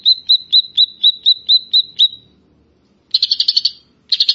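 Grey-cheeked bulbul: a run of about nine clear whistled notes, followed by two harsh buzzy chattering bursts.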